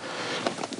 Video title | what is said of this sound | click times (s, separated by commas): BIG CHEAP Off Grid SOLAR! BougeRV 180 Watt 12v Solar Panel Review | demonstrate you hear it click | 0.5 s